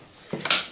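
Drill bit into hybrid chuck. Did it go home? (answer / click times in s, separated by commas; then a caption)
partly / 0.4 s, 0.5 s. A drill bit is pushed into a hybrid chuck or holder, with a low scraping sound from about 0.3 s followed by two sharp metallic clicks in quick succession at about 0.5 s and 0.5 s. The bit holds and does not come out, but it is not fully seated and still has to go down further.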